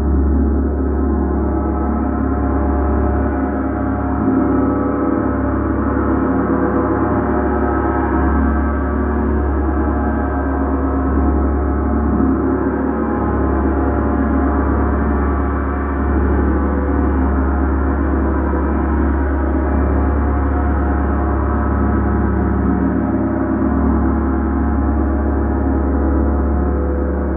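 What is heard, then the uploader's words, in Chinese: A theta gong bath: deep, sustained gong drone with dense shimmering overtones, steady in loudness, slowly swelling and pulsing throughout without pause. 希塔銅鑼浴45分鐘。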